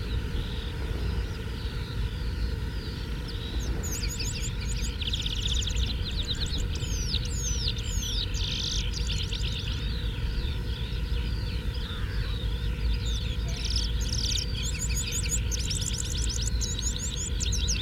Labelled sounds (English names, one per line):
Red-throated Pipit song